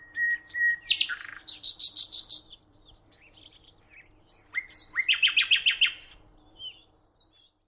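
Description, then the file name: Common nightingale song: a flat whistle leads into a loud, fast train of repeated notes, quieter varied chips, then another rapid repeated phrase, with a faint low hum throughout. "Luscinia megarhynchos"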